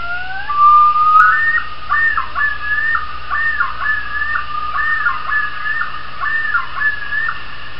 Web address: YODEL loons